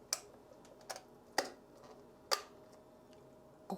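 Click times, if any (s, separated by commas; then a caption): 0.1 s, 1.4 s. A nasal irrigator's lid is pressed down firmly to close over a plastic salt pod. Two sharp clicks ring out at 0.1 s and 1.4 s, with other quieter ticks and taps around them, and the lid is seated shut.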